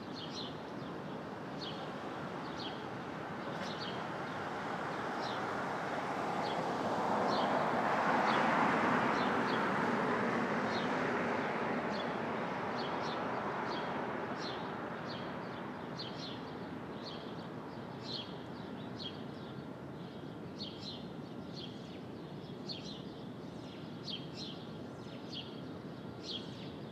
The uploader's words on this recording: Brooklyn Dawn. Street Traffic, Open Air II.